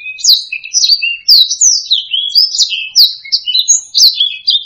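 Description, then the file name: Black-throated laughingthrush singing a rapid stream of bright whistles, with sliding, up-and-down slurred notes packed closely together. "suara kicauan burung blacksang. omkicau"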